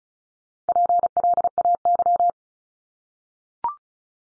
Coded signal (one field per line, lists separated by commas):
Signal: Morse code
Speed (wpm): 36 wpm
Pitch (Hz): 700 Hz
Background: none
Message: PLAY